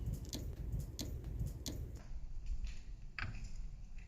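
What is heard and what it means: A fine-thread nut is turned backwards on the threaded stud of a truck's tie rod end to avoid cross-threading, giving soft regular ticks near 0.3, 1.0 and 1.7 seconds over a low rumble. At 3.2 seconds a sharper click is heard as the first thread drops in and the nut seats.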